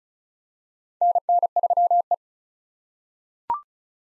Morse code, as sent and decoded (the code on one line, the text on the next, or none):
-. -. ...-- .
NN3E